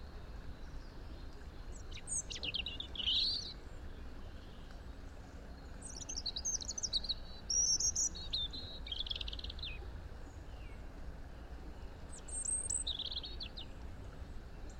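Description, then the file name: European robin singing scattered high phrases of sliding whistles and twitters, with quiet gaps between them and a low background hum. "Erithacus rubecula"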